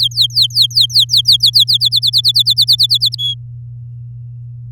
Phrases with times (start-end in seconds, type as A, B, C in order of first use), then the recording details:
0.00-1.77 A, 1.80-3.15 B, 3.18-3.34 C. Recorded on 8 May 2018 at 11:03. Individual llb16